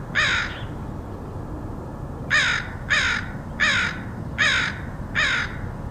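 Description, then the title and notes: Crow cawing: six harsh, hoarse caws, one alone then five spaced evenly about every 0.7 seconds, over a steady low background rumble. Crows recorded in Portland, Oregon, August 2003. "Crows of Portland. Crows recorded by Dan Bodah in Portland, OR, August 2003"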